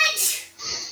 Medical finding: An adorable sneeze.